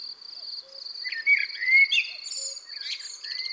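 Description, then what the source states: Common blackbird song: clear fluted whistled phrases over a continuous high insect-like buzz, with a few soft low notes beneath. Garden bird.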